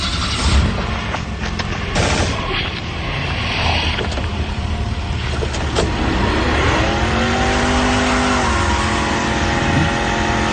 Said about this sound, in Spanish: Bólido rasga el asfalto cubriendo con un velo blanco de caucho a los cascarudos que se detienen obnubilados.